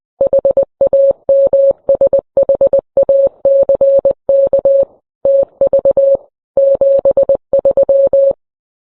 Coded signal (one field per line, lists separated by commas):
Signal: Morse code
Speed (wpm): 20 wpm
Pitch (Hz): 550 Hz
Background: none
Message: HAMSHACK TV 73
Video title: Wartime Suspensions: The Dark History of Ham Radio Licenses